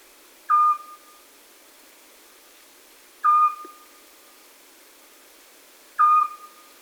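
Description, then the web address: Eurasian scops owl repeating a short piping whistle three times at steady intervals of about 2.7 seconds, each note brief with a slightly higher start then a level tone. "chatillon hibou petit duc"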